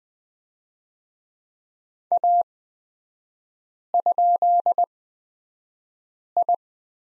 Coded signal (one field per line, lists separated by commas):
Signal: Morse code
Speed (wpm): 20 wpm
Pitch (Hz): 700 Hz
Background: none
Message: A?I